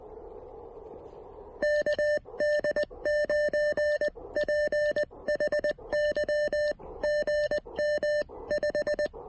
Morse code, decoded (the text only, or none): KD9PHY GM 5